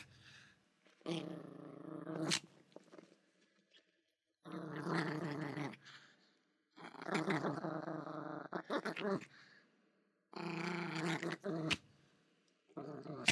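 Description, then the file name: Yorkshire terrier growling in drawn-out, rumbling bursts of about one to two seconds, separated by short silences, with a sharp click or yap at the end of some bursts. Barks and growls. "Yorkie Barks And Growls"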